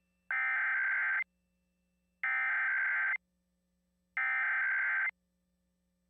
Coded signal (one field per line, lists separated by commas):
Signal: Emergency Alert System (SAME) tones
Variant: header bursts